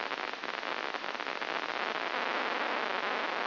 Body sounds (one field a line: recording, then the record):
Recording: brain microelectrode recording played as sound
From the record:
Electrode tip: inside the subthalamic nucleus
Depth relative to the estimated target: -1 mm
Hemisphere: left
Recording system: AlphaMap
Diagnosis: Parkinson's disease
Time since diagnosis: 15 years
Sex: female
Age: 68 years